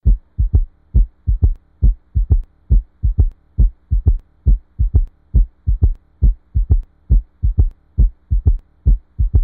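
A fetal heartbeat: a steady, regular, fast low thumping pulse with a faint hum underneath.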